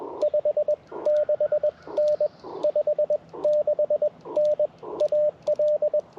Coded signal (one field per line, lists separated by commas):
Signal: Morse code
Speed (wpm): 20 wpm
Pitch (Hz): 590 Hz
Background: radio noise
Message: 56N 56N AL